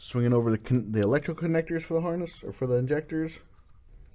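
Someone talks while the wiring harness electrical connectors are swung over toward the fuel injectors on a Honda J-series V6 engine, with the fuel injectors and fuel rail already back in place and tightened. The speech fills most of the clip, then fades into quiet handling noise at the end. Nothing has seated or clicked yet.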